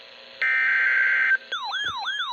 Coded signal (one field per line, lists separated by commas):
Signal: Emergency Alert System (SAME) tones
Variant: header bursts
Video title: EAS Alerts From 7/6/26: A Compilation (EAS 1256-1269)